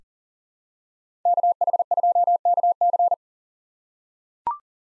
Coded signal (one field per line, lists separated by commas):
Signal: Morse code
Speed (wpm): 40 wpm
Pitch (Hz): 700 Hz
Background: none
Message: KH2KC